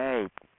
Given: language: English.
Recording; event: throat vibration sensor signal played as sound; speech